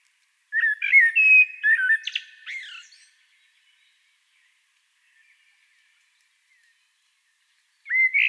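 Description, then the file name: Common blackbird song phrase of rich whistled notes breaking into a scratchy twitter, then about five seconds of silence before the next phrase begins. "Turdus merula"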